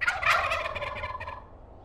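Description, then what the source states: Turkey gobbling, a loud throaty rattling burst that fades over roughly a second and a half. Eats lots of seeds; pecks the ground for grit.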